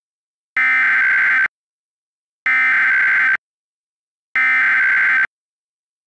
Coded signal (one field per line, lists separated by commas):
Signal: Emergency Alert System (SAME) tones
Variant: header bursts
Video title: EAS Mock: Face The Music